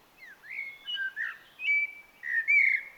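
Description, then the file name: Eurasian blackbird song: a string of mellow, flute-like whistles with upward and downward slurs, some held briefly, plus thin high squeaky notes. "Turdus merula"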